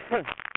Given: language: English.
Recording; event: throat vibration sensor signal played as sound; cough